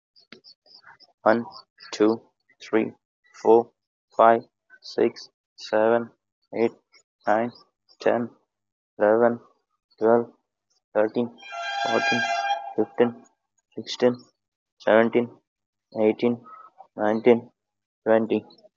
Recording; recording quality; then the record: counting at a normal pace; excellent, no background noise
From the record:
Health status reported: COVID-19 positive, mild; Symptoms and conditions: sore throat, loss of smell and taste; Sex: male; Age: 24 years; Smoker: not ticked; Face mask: not worn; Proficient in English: yes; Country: India